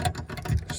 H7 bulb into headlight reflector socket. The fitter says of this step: dół. Wskoczyło.